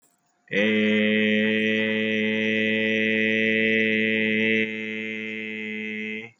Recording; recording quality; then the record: sustained vowel as in made; excellent, no background noise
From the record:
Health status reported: healthy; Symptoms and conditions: none ticked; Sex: male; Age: 33 years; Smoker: not ticked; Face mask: not worn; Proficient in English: yes